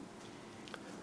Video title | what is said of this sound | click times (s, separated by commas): Upgrade HP ProBook 430 G2 | it in push down and you'll hear the click and | 0.7 s